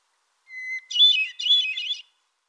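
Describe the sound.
Solitaire song: one thin, steady whistled note, then a pair of rich, fluttering, warbled bursts higher up, with a quiet background.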